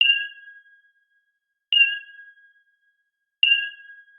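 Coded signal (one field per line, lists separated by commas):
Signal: none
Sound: sonar ping sound effect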